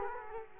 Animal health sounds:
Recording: mosquito wingbeat signal from an infrared sensor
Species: Culex quinquefasciatus

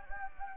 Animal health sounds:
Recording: mosquito wingbeat signal from an infrared sensor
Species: Anopheles gambiae

